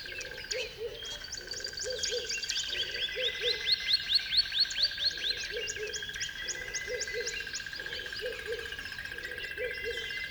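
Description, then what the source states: Birds at dawn, one giving a rising series of clear notes, with low pulsed hooting groups repeating and a steady droning tone underneath. At dawn on a river bed.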